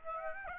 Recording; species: mosquito wingbeat signal from an infrared sensor; Aedes aegypti